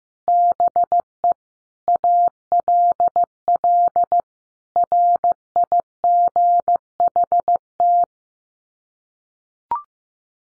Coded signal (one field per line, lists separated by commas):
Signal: Morse code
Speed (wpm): 15 wpm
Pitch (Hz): 700 Hz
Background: none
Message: BE ALL RIGHT